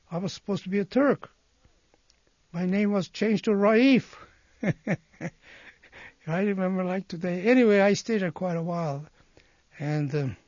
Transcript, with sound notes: I was supposed to be a Turk. My name was changed to Raieeff. (he laughs) I remember like today. Anyway, I stayed there quite a while and